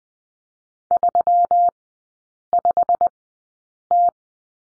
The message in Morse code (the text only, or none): 35T